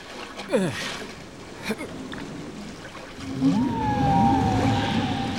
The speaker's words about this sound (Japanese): あ、クジラの歌が始まったわ。素敵だわ。